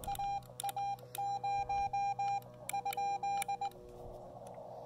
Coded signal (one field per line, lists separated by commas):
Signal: Morse code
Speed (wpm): 19 wpm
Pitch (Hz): 800 Hz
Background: none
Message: AA0 ?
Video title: POTA Field Report: Let's build a super simple speaker wire antenna on site and activate this park!